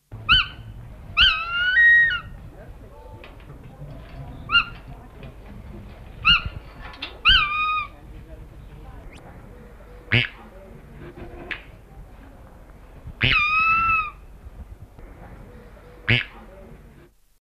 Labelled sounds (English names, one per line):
Harpy Eagle call